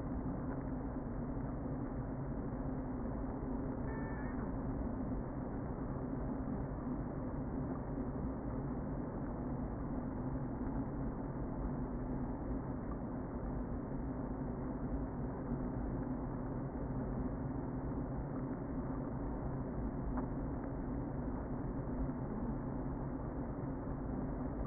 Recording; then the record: honeybee colony, microphone inside the hive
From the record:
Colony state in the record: queen present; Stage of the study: before two queens were removed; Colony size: about 60,000 bees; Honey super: yes